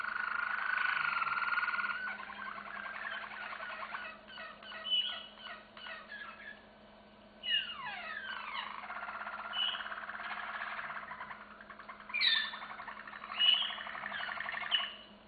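Canary singing a busy, varied song of rolling trills, sweeping slides and sharp whistled notes, with short pauses between phrases.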